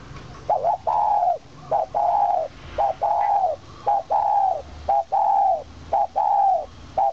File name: Tieng chim Cu gay giong kim. tieng cu gay giong kim